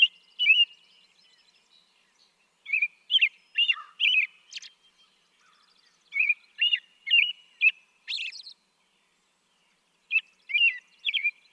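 American robin song: repeated phrases of clear, caroling whistled notes with a couple of high squeaky notes, and brief pauses between phrases.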